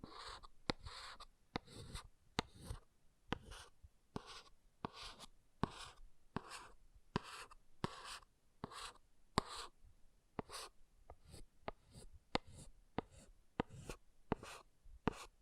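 An object scratches across a surface in short, rough strokes, repeating about twice per second for the whole stretch. Each stroke begins with a sharp tick, then a gritty hiss, and the rhythm stays fairly even, like a pen scrawling quickly.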